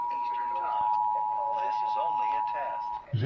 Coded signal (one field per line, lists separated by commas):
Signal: Emergency Alert System (SAME) tones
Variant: 853 and 960 Hz attention tone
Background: speech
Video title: National Periodic Test EAS #48